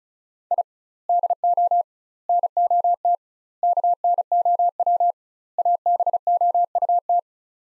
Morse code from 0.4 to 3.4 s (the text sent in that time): I DO NOT